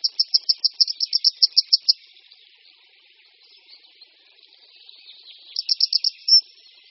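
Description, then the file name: Grey wagtail: a run of sharp, high ticking calls, then a quiet spell of faint chatter before another short burst ending in a brighter note. "Konipas-horský"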